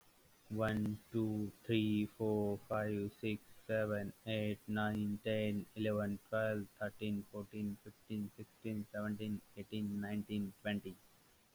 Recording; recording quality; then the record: counting at a normal pace; excellent, no background noise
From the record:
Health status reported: exposed to COVID-19, no respiratory illness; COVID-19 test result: negative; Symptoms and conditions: cold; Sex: male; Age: 25 years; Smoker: not ticked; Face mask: not worn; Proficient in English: yes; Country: India